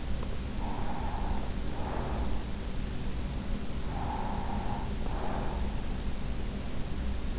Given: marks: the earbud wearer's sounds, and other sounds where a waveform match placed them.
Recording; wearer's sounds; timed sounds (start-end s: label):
sounds in sleep by an in-ear microphone; breath
0.29-2.46 s: breath
3.75-5.80 s: breath